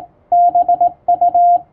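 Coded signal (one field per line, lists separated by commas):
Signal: Morse code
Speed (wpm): 21 wpm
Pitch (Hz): 700 Hz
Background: radio noise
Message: BU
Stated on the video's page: Morse code sent with a telegraph key by a first-class radiotelegraph operator, as a thank-you message.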